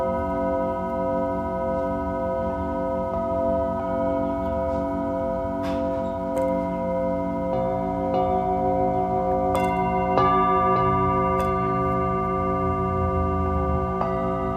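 Tibetan singing bowls ring in a dense, sustained drone of layered tones that hang and blend throughout. Fresh strikes land every second or two, with brighter metallic hits near 6, 10 and 14 seconds, over a low, steady rumbling hum beneath.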